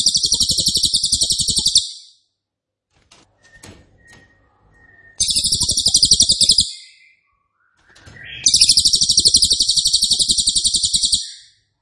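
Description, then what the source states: Cililin delivering three bursts of piercing, densely pulsed high trills, separated by pauses with faint clicks and soft chirps. Loud, dense, rapid-fire song ('nembak keras dan rapat'), presented as a favourite training recording (masteran) for oriental magpie-robin, leafbird and white-rumped shama.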